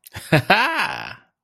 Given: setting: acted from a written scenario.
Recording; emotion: vocal sound without words; pride